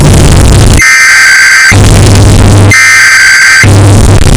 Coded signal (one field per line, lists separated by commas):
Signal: Emergency Alert System (SAME) tones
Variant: header bursts